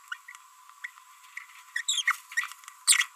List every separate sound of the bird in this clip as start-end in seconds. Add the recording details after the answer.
0.12-0.14, 0.84-0.87, 1.76-1.81, 1.89-2.02, 2.08-2.15, 2.32-2.47, 2.88-3.06. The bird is a female. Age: 30 days. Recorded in a nest box in Venezuela. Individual 17B42B1